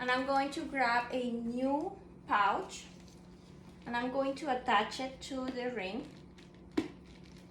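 Someone talks while a new plastic colostomy pouch is pressed onto the flange ring of the skin barrier to seal it. A sharp click is heard at 6.8 s as the pouch snaps onto the ring and seats.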